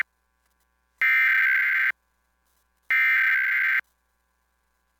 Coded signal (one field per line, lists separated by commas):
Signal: Emergency Alert System (SAME) tones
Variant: header bursts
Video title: National EAS Test in KAKE